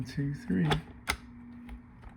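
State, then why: Seated. During a fan speed control repair on a 2013 Volkswagen Tiguan's air conditioning, someone talks and then the fan speed control module or its connector is pushed home into the HVAC blower housing. A sharp snap is heard at 1.1 s as it seats, with a fainter tick after it. The part snaps fully into place, with its pins or tabs all in the right spot.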